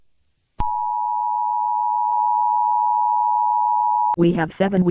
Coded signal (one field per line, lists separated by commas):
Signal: Emergency Alert System (SAME) tones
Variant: 853 and 960 Hz attention tone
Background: speech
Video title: EAS Scenario - IMPENDING TRIALS 2